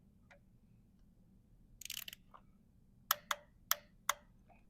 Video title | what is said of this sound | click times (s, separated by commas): Engine work & full update on the Help For Heroes Charity Car. Vauxhall Calibra that you could win. | double click it every time it's it is a common thing that people don't actually know | 3.1 s, 3.7 s